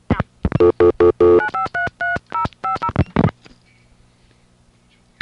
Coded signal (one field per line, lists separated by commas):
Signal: DTMF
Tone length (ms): 120 ms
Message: 9533050